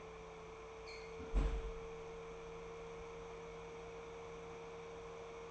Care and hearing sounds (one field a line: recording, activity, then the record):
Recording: daily activity, microphone in the room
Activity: close fridge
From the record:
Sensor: 1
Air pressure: 1015.0 hPa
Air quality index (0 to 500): 194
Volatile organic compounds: 22 ppm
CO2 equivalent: 2740 ppm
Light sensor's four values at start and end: 32/78/33/40 and 31/78/33/40